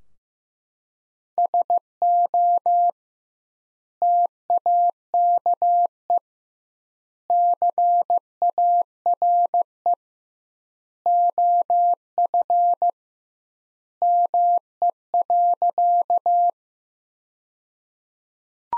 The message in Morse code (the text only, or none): SO TAKE CARE OF ME.